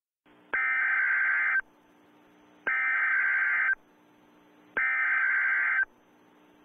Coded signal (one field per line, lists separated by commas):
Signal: Emergency Alert System (SAME) tones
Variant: header bursts